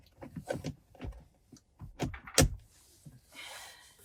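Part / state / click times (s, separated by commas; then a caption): HVAC control panel into center console trim / seated / 2.4 s. The HVAC control panel of a 2012 Subaru Legacy is pressed back into the plastic center console trim after a USB port install, with a series of soft plastic knocks and handling taps. The loudest, a sharp snap at 2.4 s, seats the panel in the dash, followed by a quieter breathy hiss.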